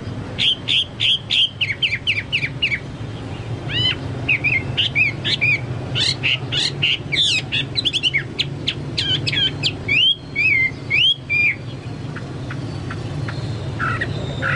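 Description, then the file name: Chinese hwamei song: rapid repeated whistled notes opening into varied slurred phrases and trills, easing toward the end, with a low background hum. "hwamei-2-omkicau"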